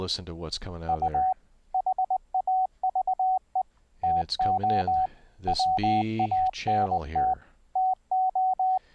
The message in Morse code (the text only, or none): U HAVE TO WANT TO